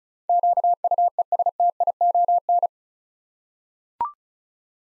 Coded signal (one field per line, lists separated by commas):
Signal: Morse code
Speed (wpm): 36 wpm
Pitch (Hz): 700 Hz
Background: none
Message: QUESTION